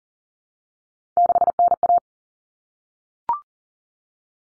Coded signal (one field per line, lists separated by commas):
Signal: Morse code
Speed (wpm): 40 wpm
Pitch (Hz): 700 Hz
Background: none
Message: 6NA